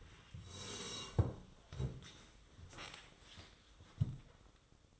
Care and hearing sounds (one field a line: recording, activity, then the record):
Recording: daily activity, microphone in the room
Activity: sit down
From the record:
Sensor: 3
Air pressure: 1005.4 hPa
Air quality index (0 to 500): 96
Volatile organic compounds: 3 ppm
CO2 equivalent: 1502 ppm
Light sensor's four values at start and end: 9/20/8/8 and 10/22/9/9